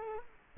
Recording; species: mosquito wingbeat signal from an infrared sensor; Culex quinquefasciatus